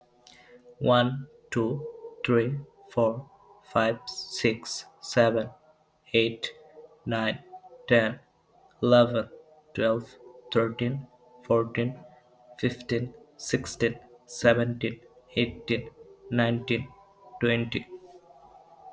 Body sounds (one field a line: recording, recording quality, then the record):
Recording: counting at a normal pace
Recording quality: excellent, no background noise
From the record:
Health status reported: healthy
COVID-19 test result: not tested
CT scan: not taken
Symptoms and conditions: none ticked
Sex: male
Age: 23 years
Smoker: no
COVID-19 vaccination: both doses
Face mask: not worn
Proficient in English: yes